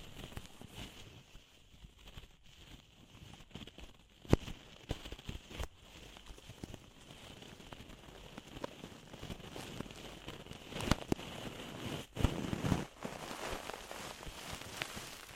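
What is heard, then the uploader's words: Ear cleaning with soft, irregular crackling, scraping and rustling close to the microphone, like something moving inside the ear. Sharp pops and clicks punctuate it, one near four seconds and a denser rough burst around twelve to thirteen seconds. A faint steady high hiss runs underneath. DEEP Ear Penetrating Cleaning.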